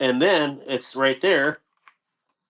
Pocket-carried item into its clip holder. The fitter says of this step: and you can hear it click.